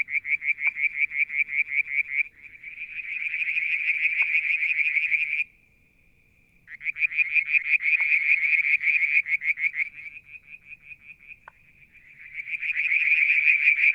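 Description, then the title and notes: Frogs give steady pulsed trills, then denser churring bursts. A brief lull comes midway before more loud trilling and a thinner, softer trill. Limnodynastes peronii, Litoria verreauxii and an unidentified frog calling one evening near a water tank, Mount Wilson, New South Wales, Australia, July 2022. "Frog song, Mount Wilson, New South Wales, Australia in July 2022 – by Alexander Moffatt. Limnodynastes Peronii, Litoria Verreauxii and a mystery frog one evening near the water tank"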